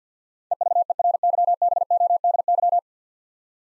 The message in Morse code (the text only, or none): EVERYBODY